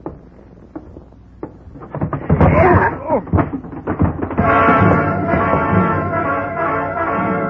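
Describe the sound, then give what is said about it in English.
A few sharp knocks and thumps lead into a loud clatter of a door bursting open as a man runs out, knocking another man down. Scuffling, a heavy fall and strained vocal grunts follow, then a sustained tonal swell takes over. “This one did, right out the door, knocking me down en route, and the chase was on.”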